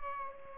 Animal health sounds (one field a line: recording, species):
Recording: mosquito wingbeat signal from an infrared sensor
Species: Culex pipiens